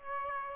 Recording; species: mosquito wingbeat signal from an infrared sensor; Aedes aegypti